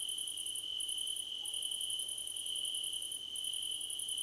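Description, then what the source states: Cricket chorus, steady shrill tone with fast pulse bursts broken by a few brief gaps. Crickets in a choir competition.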